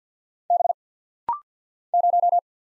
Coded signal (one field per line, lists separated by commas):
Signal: Morse code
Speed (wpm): 50 wpm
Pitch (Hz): 700 Hz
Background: none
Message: B 0